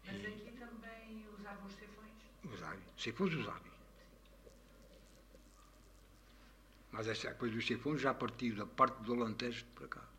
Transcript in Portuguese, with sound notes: Mas aqui também usavam os seifões?
Usavam. Seifões, usavam. [pausa] Mas essa coisa dos seifões já partiu da parte do Alentejo para cá.